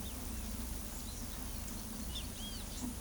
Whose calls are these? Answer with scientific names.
none